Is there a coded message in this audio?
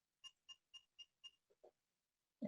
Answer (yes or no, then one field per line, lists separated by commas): no